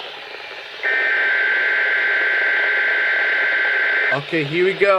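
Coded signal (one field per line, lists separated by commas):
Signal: Emergency Alert System (SAME) tones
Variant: header bursts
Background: speech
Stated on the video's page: Severe thunderstorm watch from NOAA weather radio transmitter in Valparaiso, Indiana on 162.450 MHz, relayed through an FM transmitter and recorded with an iPod.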